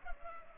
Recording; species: mosquito wingbeat signal from an infrared sensor; Culex pipiens